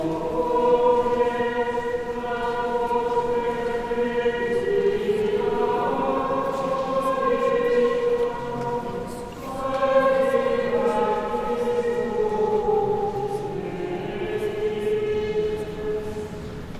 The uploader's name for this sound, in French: Basilique Saint-Sernin de Toulouse